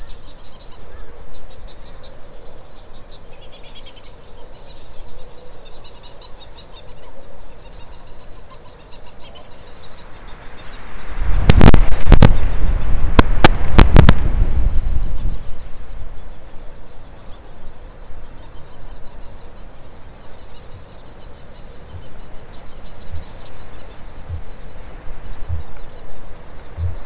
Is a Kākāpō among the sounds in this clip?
yes